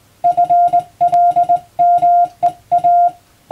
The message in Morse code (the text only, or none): FLMEA